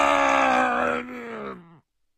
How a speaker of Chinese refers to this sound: 于是巴洛斯发出一声可怕的喊叫，像遭了雷击似的向后倒下去。